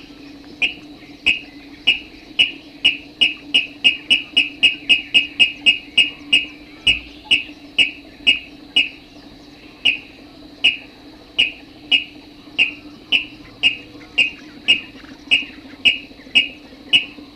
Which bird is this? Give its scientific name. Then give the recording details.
Rallus aquaticus. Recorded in the wild. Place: Jois, AT. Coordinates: 47.9625, 16.7858. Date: 1972-05-02. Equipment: Uher Report 4200, AKG D190C in Doppel-Parabolreflektor. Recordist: Krey, Winfried